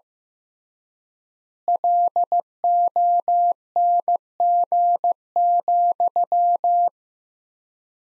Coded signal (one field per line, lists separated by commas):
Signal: Morse code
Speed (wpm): 15 wpm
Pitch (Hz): 700 Hz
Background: none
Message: LONG,